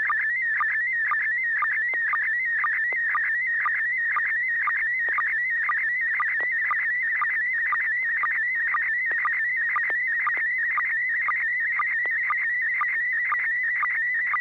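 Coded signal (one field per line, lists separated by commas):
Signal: SSTV (slow-scan television)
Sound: warbling whistle sliding between pitches, with short low blips about twice a second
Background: steady low hum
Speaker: the River City Arc Slow Scan TV net. This net serves for training and practice in image transmission modes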